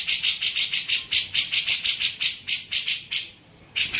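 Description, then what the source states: Grey-cheeked bulbul giving a quick series of many harsh, rasping notes, then a brief pause and a new burst. Masteran recording used to train songbirds.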